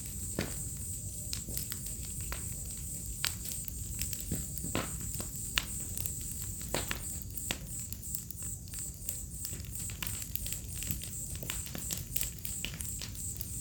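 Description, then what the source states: Crickets chorus in a high, rapidly pulsing trill, mixed with dense popping and crackling of burning wood. Symphony of crickets on an autumn night beside a crackling bonfire, in a village in the middle of Mata Atlântica rainforest.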